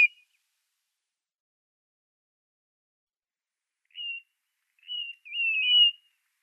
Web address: Schulze Peter Blue-naped Mousebird calls